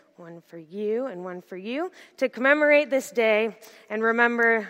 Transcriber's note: none